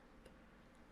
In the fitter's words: and you'll hear it click, and you're good to go.